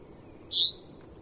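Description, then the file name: Common chaffinch call: one clear, high whistled note lasting a fraction of a second over low steady background hiss. "Fringilla coelebs"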